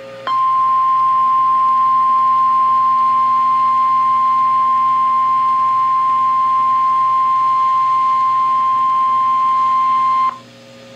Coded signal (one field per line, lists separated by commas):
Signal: Emergency Alert System (SAME) tones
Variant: 1050 Hz attention tone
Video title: Real EAS #293 - Severe Thunderstorm Warning